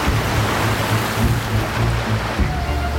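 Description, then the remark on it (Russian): A steady, loud roar of sea surf churns without pause, heavy breaking waves hissing and rumbling as they pound furiously against a steep rocky cliff, throwing up fountains of spray, with no voices over it. “Добравшись до конца утеса, человек что-то прокричал и бросил спасательный круг в море, туда, где волны с яростью набрасывались на камень и вздымали фонтаны брызг.”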